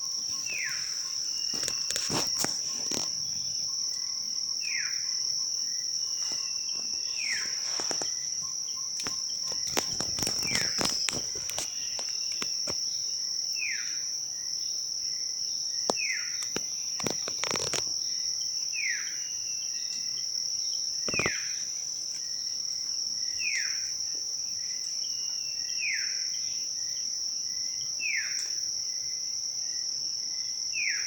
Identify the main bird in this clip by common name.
Red-throated Alethe